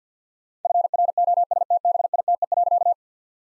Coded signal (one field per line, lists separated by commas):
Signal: Morse code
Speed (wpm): 50 wpm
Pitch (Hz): 700 Hz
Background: none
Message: FROSTBITE.